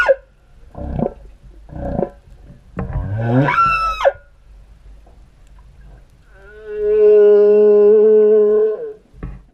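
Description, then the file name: Whale calls: a few low pulsed grunts and a wavering moan, then a long steady harmonic tone and a final short pulse. "Hval"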